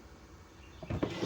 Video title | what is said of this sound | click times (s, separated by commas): Should you use LED bulbs on aftermarket headlights? | the space is not enough for it to lock. | none